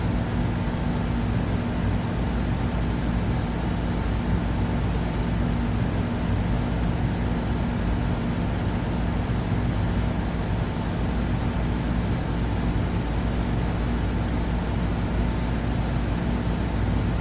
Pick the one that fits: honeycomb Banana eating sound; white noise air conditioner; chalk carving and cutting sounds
white noise air conditioner